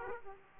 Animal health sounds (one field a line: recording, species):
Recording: mosquito wingbeat signal from an infrared sensor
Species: Aedes aegypti